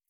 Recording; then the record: hydrophone in a shrimp aquaculture tank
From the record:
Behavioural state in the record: feeding